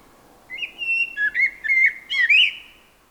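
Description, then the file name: Common blackbird singing a run of rich, warbling whistled notes that rise and fall, closing with a brighter, squeakier flourish. "Turdus merula"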